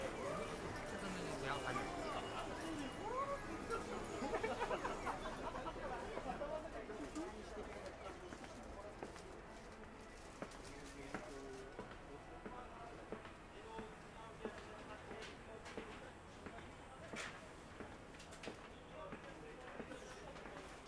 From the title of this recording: Akihabara,daytime